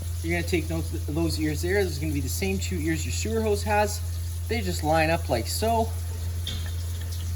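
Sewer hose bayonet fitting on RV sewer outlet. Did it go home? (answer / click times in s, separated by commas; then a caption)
yes / 6.5 s. On a 2025 Forest River Chaparral 254RLS, the ears of a sewer hose bayonet fitting are lined up with the RV sewer outlet and twisted, locking it into place. Someone talks over a steady low hum, and a single sharp click is heard at 6.5 s as the hose seats on the outlet.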